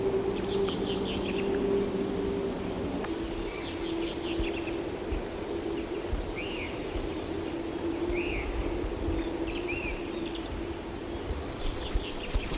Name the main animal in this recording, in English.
Eurasian Treecreeper